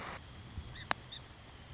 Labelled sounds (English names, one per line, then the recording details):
Song Sparrow
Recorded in Sonoma County, California